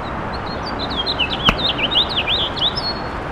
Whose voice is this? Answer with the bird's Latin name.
Haemorhous mexicanus